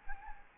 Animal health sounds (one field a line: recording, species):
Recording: mosquito wingbeat signal from an infrared sensor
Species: Anopheles gambiae